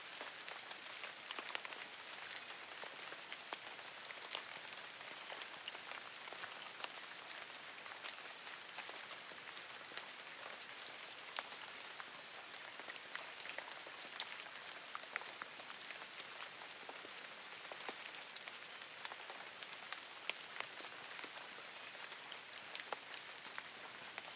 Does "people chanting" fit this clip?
no